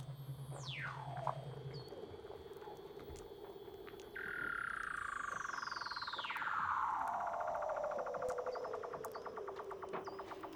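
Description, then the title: Weddell seal underwater calls: a steep descending whistle, a low buzzy tone, then a long sweep gliding down into a pulsed trill. "Douglas Quin - Weddell Seals (Underwater)"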